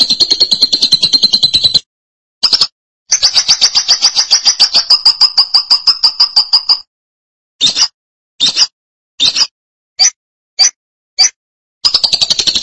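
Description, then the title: Lovebird giving long, rapid, buzzy chattering trills broken by abrupt silent gaps and a run of short separate bursts. "BM Suara Burung Lovebird"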